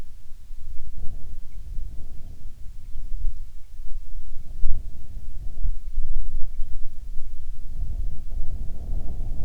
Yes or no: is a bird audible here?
yes